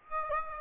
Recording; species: mosquito wingbeat signal from an infrared sensor; Aedes aegypti